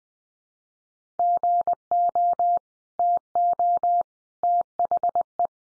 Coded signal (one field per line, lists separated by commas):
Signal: Morse code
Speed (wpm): 20 wpm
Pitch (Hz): 700 Hz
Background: none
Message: GO TO THE